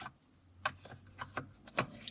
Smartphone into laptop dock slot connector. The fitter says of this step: and you gotta just snap it into place until you hear that click